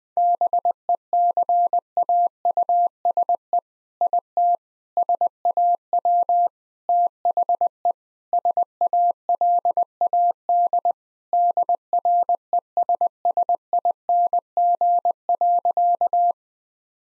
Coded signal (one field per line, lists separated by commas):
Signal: Morse code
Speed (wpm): 20 wpm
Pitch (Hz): 700 Hz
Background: none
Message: BECAUSE IT SAW THE SALAD DRESSING.